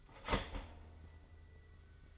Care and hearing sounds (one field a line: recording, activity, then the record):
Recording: daily activity, microphone in the room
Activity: start toaster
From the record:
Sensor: 4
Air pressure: 991.5 hPa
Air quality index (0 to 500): 137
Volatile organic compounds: 54 ppm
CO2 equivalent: 3345 ppm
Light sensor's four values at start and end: 19/61/23/23 and 17/54/20/20